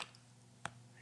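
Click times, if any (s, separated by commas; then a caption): none. A fixed blade knife is pushed into its belt sheath to show retention. Only faint, brief ticks are heard; nothing has seated or clicked yet. The sheath gives no retention click, though the knife still holds securely.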